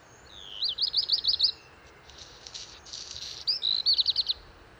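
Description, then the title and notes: Black redstart song with a rattling series of high looping notes, a pause filled with scratchy crackle, then a second quick run of notes. Singing from top of a large lime tree, early morning, 19 March 2019, Val Maravel, Drôme, France; first of season; crumpled song; Wildtronic parabola, two MKH8020, MixPre-3. "Val Maravel - Drôme. chant du Rouge-queue noir"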